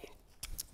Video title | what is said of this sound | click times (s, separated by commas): 5 AMAZING Airless Sprayer Tips on SprayGuns! | here's a china brand i've never messed around with this one it does lock in position you learn something new every day | 0.4 s, 0.6 s